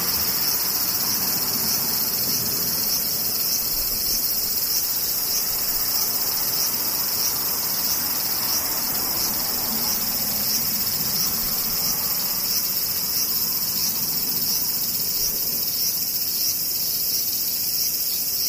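Cicadas drone without pause for the whole clip, a dense, shrill, high-pitched wall of sound that holds steady in loudness. A faint, quick regular pulsing runs through the chorus, and a soft low rumble murmurs underneath, rising slightly at moments.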